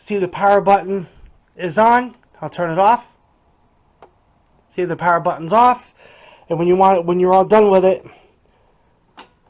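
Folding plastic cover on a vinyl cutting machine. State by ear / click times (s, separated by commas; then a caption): seated / 9.2 s. Someone talks while switching off a Cricut vinyl cutting machine, and a small tick sounds near 4.0 s. The folding plastic cover of the machine is then closed, clicking shut at 9.2 s, and it is seated.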